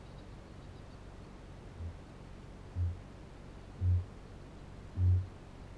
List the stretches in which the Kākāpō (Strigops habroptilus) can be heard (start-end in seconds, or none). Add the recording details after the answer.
1.69-2.07, 2.67-5.78. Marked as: faintness 5/5, faintness 3/5. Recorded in New Zealand. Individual Barnard